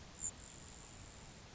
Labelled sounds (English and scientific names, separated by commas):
Grasshopper Sparrow (Ammodramus savannarum)